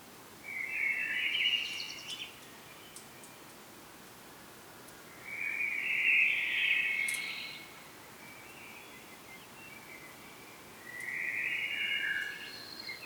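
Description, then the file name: Common blackbird calling in three drawn-out, warbling bursts roughly five seconds apart, each with a higher thin flourish, over a steady hiss of background noise. "Turdus merula"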